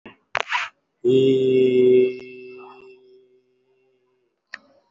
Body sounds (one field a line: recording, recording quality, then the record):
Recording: sustained vowel as in beet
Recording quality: excellent, no background noise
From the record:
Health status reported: respiratory illness, not identified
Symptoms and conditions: chronic lung disease, diabetes, ischaemic heart disease, another condition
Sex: male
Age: 72 years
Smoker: yes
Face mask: worn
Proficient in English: no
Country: India